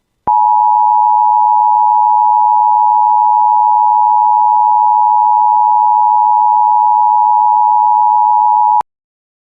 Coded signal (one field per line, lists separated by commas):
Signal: Emergency Alert System (SAME) tones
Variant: 853 and 960 Hz attention tone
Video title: [EAS] Severe Thunderstorm Watch for the Bemidji Area (6/26/25)